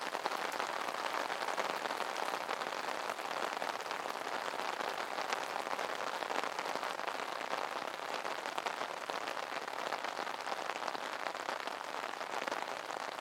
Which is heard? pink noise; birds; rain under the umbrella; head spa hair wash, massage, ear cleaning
rain under the umbrella